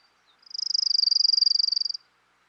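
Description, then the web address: Orange-crowned Warbler singing one quick, high-pitched trill, about one and a half seconds of rapidly repeated notes at steady pitch, preceded by a faint soft note. Recorded in western North America. "Dan Gibson Wildlife Identification By Sound, Western North America. Orange-Crowned Warbler"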